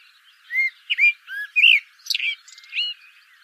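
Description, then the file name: Eurasian blackbird song: a run of rich, varied whistled notes, some swooping, mixed with brief squeaky twitters. "Turdus merula"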